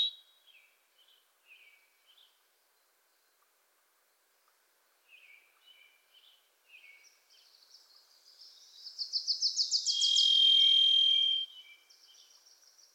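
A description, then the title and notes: A Varied Thrush gives a long, buzzy, ringing whistle near the end, preceded by a pulsing trill and scattered soft, distant chirps. The Varied Thrush, Ixoreus naevius, is a wisp in the forests of the Pacific Northwest. Singing its songs from deep within the trees, difficult to locate in somber reverberate.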